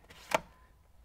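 A plastic dome light housing, with its wiring, is slid back into the vehicle headliner opening and snaps into place. A faint tap at 0.1 seconds is followed by one sharp, bright click at 0.4 seconds as the housing seats in the headliner. No one talks during the clip.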